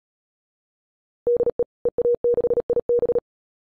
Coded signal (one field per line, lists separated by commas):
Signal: Morse code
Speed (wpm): 37 wpm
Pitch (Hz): 480 Hz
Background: none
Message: DE EA6IB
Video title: CW freak.NET - QRQ